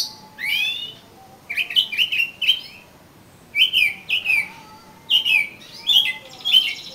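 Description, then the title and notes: Oriental magpie-robin giving groups of quick descending whistled notes, several phrases spaced by short silences, one ending with a scratchy buzz. "suara kacer. kumpulan suara burung kacer"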